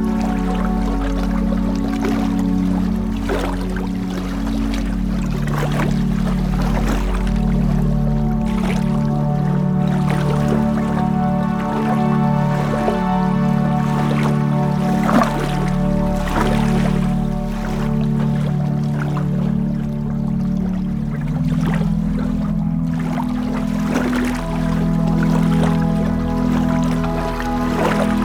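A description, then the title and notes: Water at a lake shore, with a steady low hum like a boat motor running the whole time, its pitch shifting slightly now and then. Short, sharp splashes and taps break in every second or two, fairly irregular, over a constant level. Standing on the Lake Shore.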